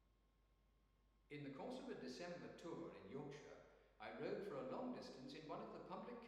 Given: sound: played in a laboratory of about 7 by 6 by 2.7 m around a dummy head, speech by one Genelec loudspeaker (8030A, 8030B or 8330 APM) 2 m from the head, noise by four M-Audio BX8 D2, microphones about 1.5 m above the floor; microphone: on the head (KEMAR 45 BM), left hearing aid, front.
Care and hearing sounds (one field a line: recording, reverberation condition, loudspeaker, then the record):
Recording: male speech in English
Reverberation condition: high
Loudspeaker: 90 degrees to the left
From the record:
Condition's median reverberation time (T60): about 1300 ms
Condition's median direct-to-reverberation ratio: about -4.0 dB